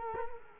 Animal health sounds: mosquito wingbeat signal from an infrared sensor; Culex quinquefasciatus

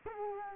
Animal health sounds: mosquito wingbeat signal from an infrared sensor; Culex quinquefasciatus

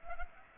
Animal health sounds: mosquito wingbeat signal from an infrared sensor; Culex pipiens

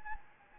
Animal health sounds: mosquito wingbeat signal from an infrared sensor; Anopheles gambiae

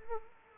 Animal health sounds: mosquito wingbeat signal from an infrared sensor; Culex pipiens

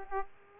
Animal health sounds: mosquito wingbeat signal from an infrared sensor; Aedes aegypti

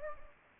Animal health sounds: mosquito wingbeat signal from an infrared sensor; Anopheles gambiae

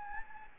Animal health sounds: mosquito wingbeat signal from an infrared sensor; Anopheles gambiae

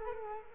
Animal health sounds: mosquito wingbeat signal from an infrared sensor; Culex quinquefasciatus

